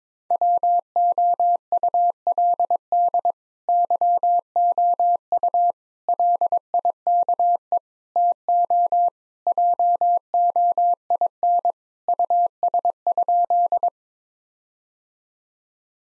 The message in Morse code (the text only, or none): WOULD YOU LIKE TO JOIN US?